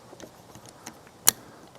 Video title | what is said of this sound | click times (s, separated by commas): My Favorite Light in 2024: Devos 2000 | boom Clicks in place if you heard that | 1.3 s